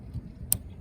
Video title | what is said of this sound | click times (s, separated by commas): Solar Issues - Van Conversion - Fixed! | now we got a new one and this one you can actually hear it click | 0.5 s